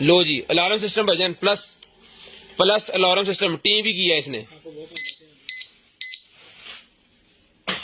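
Someone talks while handling a heavy-duty alarmed disc brake lock for motorbikes, whose metal locking pin closes on a motorbike brake disc. Three short electronic beeps sound at about 5.0, 5.5 and 6.0 s, followed by a brief sharp sound at 7.7 s. The lock is still being pushed closed, and nothing has seated or clicked home yet.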